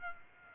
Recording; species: mosquito wingbeat signal from an infrared sensor; Aedes aegypti